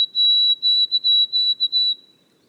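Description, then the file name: White-throated sparrow whistling: high pure notes in a quick stuttering series, fading out after two seconds, with a quiet background. Boreal forest of Haute-Côte-Nord, 29 May 2018. "bruant a gorge blanche foret boreale de la haute cote nord"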